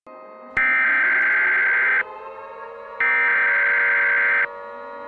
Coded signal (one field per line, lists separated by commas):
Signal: Emergency Alert System (SAME) tones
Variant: header bursts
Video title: EAS Scenario #6 EXE Double Trouble NateDog2020P EXE's and Lincoln530 EXE's revenge